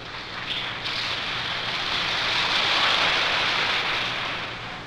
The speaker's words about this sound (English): Now I'll conduct the applause around the room. You'll hear it go around like this. As the finger goes by, stop clapping.Try it once. Clap.